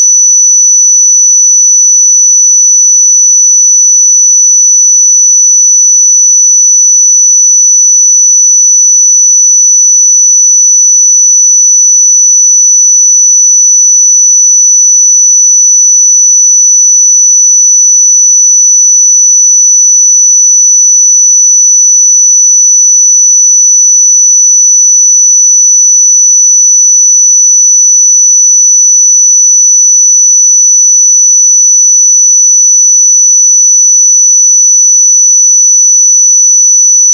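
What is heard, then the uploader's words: A pure sine tone at 5957 Hz holds perfectly steady for the full length, a single thin, piercing high whistle with no wavering. Its loudness stays constant from start to finish, and nothing else sounds behind it. 5957 Hz 1 Hz Interval Sine Pure Tone Frequency 441000 Sample Mono.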